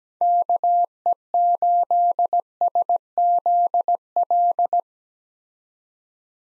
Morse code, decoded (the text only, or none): KE8SZL